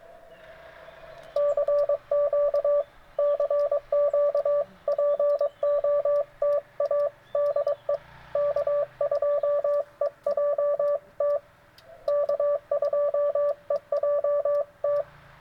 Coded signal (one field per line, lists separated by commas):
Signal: Morse code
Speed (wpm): 23 wpm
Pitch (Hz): 560 Hz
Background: none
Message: CQ CQ POTA DE K2EJT K2EJT